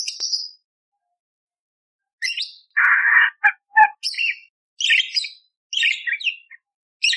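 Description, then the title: Budgerigar chatter: a high chirp, a long pause, then scratchy chirps, one harsh buzzy rasp, a few clicks and more rapid twittering notes. Loud, clear chirping (gacor jernih) with rough 'tembakan' fill phrases, used as masteran to train magpie robins (kacer). "Masteran Burung Parkit Gacor Jernih Full Isian Tembakan Kasar Cocok Buat Kacer"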